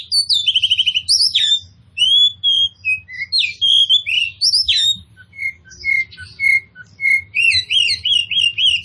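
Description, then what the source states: Oriental magpie-robin song: varied sweet whistles, quick trills and chirps, later settling into repeated short rising whistled notes. Kacer poci form of the bird, described as gacor, meaning singing vigorously and constantly.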